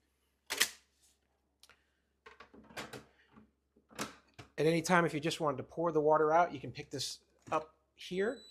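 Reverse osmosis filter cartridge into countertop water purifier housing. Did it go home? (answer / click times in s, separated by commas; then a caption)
yes / 0.6 s. A combined 6-in-1 reverse osmosis filter cartridge is pushed down into the housing of a VONWATER countertop reverse osmosis water filter and heater unit, where it locks into place with a loud sharp click at 0.6 s. After that, only a few faint small knocks are heard, then someone talks.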